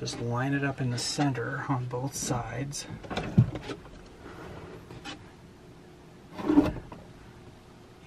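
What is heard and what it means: An RV drawer is lined up centered on its ball bearing drawer slides and handled into place, while someone talks. Short handling knocks and slide noises follow, but the clip ends before the drawer goes home, and nothing has seated or clicked yet.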